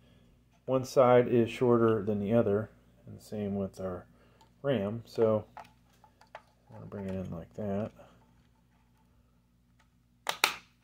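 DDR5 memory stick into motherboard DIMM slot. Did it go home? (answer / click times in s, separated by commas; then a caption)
yes / 10.3 s, 10.4 s. Someone talks while lining up a 5600MHz DDR5 memory stick with an Aorus Z690 Extreme AX motherboard DIMM slot. The stick is then pressed in, and its two plastic retention latches snap closed in a sharp double snap at 10.3 s and 10.4 s. The module is seated.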